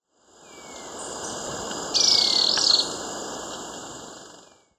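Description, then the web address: Ecuadorian tyrannulet call: one short, shrill, chattering burst, with faint thin descending whistles beneath and a continuous high-pitched insect buzz. "Birds of Ecuador. Ecuadorian Tyrannulet"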